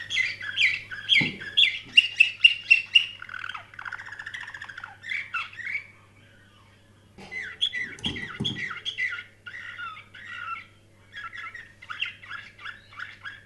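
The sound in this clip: Canary song in fast trilled phrases, a pause midway, then more rapid repeated chirps and rolling trills over a low steady hum, with a couple of thumps.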